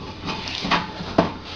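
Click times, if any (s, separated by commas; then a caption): none. The left arm of a treadmill console is being handled onto the treadmill upright while its cable is tucked in, producing soft rustling and light contact noises with a brief bump near 0.7 s and a sharper, short knock at 1.2 s. The arm has not seated or clicked into place yet.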